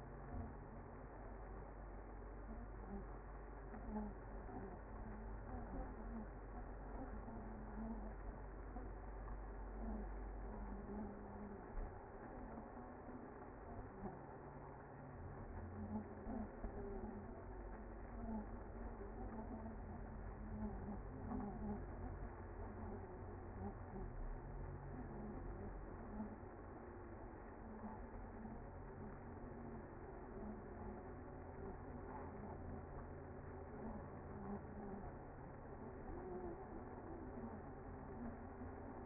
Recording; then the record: honeybee colony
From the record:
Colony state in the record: active